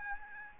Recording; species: mosquito wingbeat signal from an infrared sensor; Aedes albopictus